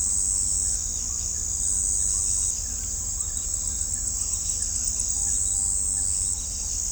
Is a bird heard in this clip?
no